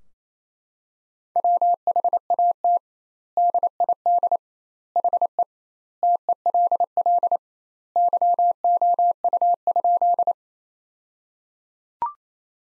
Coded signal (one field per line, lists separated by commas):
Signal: Morse code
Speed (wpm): 28 wpm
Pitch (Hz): 700 Hz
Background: none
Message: WHAT DID HE TELL YOU?